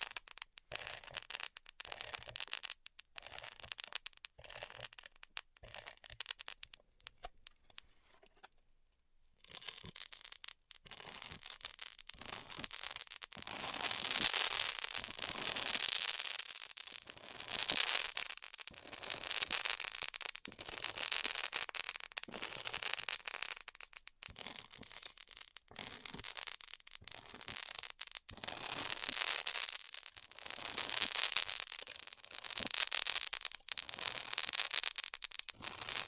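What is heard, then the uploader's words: Styrofoam being heat cut makes dense crackling and hissing, sparse until about nine seconds, then continuous with bright surges and brief dropouts. ASMR Styrofoam Heat Cutting (No Talking).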